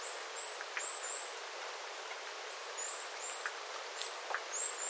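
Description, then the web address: Small birds giving repeated high, thin calls at irregular intervals, with soft drip sounds and steady hiss beneath. Small flock of birds calling, recorded 9 September 2025 after rain, with water dripping from the eaves. "paivat 9 9 2025 pikkulintuparven aantelya vesi tippuu raystaalta sateen jalkeen"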